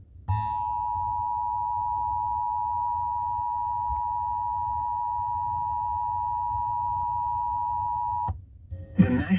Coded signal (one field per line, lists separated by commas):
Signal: Emergency Alert System (SAME) tones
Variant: 853 and 960 Hz attention tone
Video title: (EAS #300!!) Severe Thunderstorm warning on WMPN-FM 4/17/2022